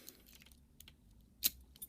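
A pick is zipped across the pins of a small padlock while tension is held, producing faint metallic ticks and a light jingle. At 1.5 s a sharp, loud snap marks the shackle popping open, followed by a couple of softer clicks. The padlock is released and confirmed open.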